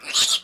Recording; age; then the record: pig call; piglet (1 to 25 days)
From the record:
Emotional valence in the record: negative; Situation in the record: castration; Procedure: castration, shear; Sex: male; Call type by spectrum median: high-frequency call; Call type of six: high-frequency modulated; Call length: 0.44 s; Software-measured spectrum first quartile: 3535 Hz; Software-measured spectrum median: 4567 Hz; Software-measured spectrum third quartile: 6933 Hz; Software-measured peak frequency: 3575 Hz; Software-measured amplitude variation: 190 dB a second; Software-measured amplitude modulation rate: 10.2 a second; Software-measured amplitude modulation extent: 18.6 dB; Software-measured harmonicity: 2.6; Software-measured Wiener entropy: -1.88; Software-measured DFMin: 737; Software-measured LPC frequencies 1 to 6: 1288, 3672, 6822, 7405, 8127, 10589 Hz